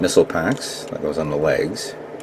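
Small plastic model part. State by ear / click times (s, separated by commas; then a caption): not seated / none. A plastic missile pack is handled and brought toward the leg of a 1/144 High Grade Pale Rider Ground Heavy Equipment Type Gundam plastic model kit while someone talks. Nothing has seated or clicked yet; the clip ends just before the pack goes home.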